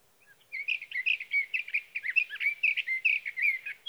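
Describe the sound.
Sage thrasher song, a long, unbroken run of rapid, jumbled warbling notes, varied and slightly scratchy, continuing steadily for several seconds.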